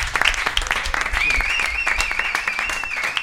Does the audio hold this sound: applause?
yes